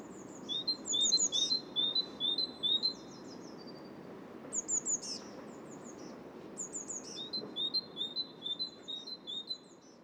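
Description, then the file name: Great tit song with runs of rapid paired notes in two bouts separated by a pause, accompanied by high, sharp chirping phrases. "Great Tit Parus major"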